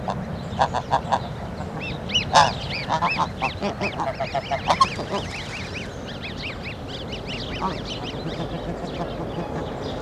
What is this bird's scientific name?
Anser caerulescens